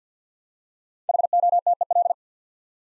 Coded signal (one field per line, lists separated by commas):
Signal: Morse code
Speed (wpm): 48 wpm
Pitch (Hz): 700 Hz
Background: none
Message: HOTEL